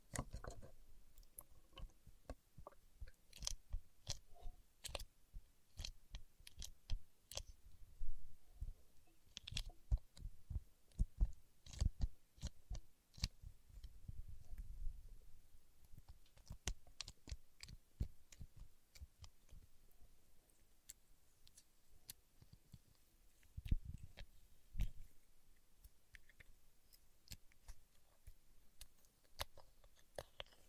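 Paraffin wax being peeled, tapped and scratched gives a dense, irregular run of sharp clicks and crackles across all thirty seconds. Low rubbing thuds swell now and then, most heavily around fifteen seconds and again near twenty-four, under the steady ticking.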